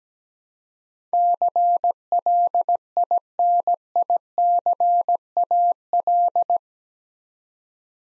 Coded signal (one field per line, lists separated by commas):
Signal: Morse code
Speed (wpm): 17 wpm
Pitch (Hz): 700 Hz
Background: none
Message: CLINICAL